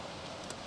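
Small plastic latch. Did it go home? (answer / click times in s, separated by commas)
yes / 0.5 s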